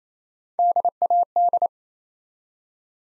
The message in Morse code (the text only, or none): DAD